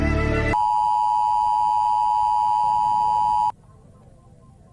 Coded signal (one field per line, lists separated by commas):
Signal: Emergency Alert System (SAME) tones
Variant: 853 and 960 Hz attention tone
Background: music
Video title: EAS Don't Look Up [Remake]